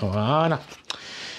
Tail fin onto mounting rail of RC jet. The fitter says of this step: Donc, on a entendu le petit clac. C'est bon.